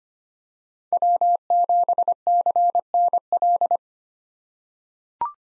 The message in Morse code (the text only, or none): W7CNL